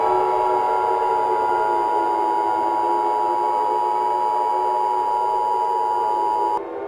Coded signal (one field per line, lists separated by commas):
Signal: Emergency Alert System (SAME) tones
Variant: 853 and 960 Hz attention tone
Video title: The Final Battle (EAS Scenario)